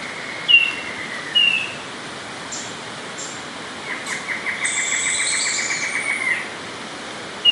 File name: squirrel monkeys squeaks